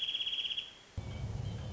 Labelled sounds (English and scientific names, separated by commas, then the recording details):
Wrentit (Chamaea fasciata)
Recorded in Sonoma County, California